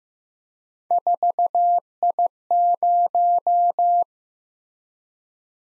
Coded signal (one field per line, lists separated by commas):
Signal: Morse code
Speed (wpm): 15 wpm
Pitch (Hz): 700 Hz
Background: none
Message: 4I0